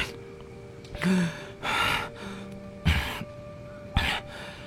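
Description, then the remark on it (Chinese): A person coughs four times in separate, breathy bursts spaced about a second apart, repeatedly covering the mouth with a handkerchief, with a steady low hum running underneath and no talking. “姚文玉忍不住咳嗽，频频以怕掩唇。”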